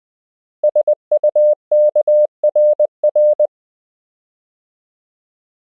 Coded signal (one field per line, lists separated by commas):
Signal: Morse code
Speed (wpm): 20 wpm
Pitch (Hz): 600 Hz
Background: none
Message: SUKRR